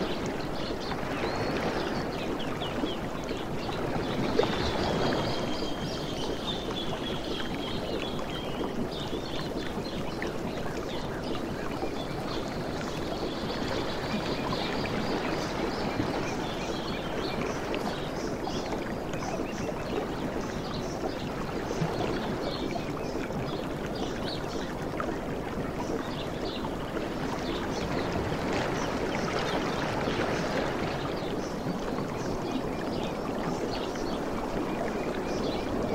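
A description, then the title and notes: Gentle ocean waves wash onto a beach in a steady, dense hush, swelling softly every several seconds, around 5, 15, 22 and 30 seconds. A faint, thin whistling tone drifts briefly near the start, and a low rumble sits underneath throughout. Softest Beach Sounds from the Tropics. Relaxing ocean sounds of waves.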